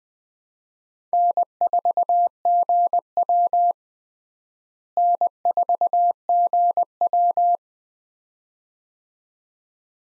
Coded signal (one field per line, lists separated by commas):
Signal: Morse code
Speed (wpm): 20 wpm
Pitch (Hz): 700 Hz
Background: none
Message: N4GW N4GW